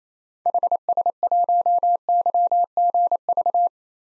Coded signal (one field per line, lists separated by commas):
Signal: Morse code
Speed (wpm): 28 wpm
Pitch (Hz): 700 Hz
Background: none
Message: HS1YGV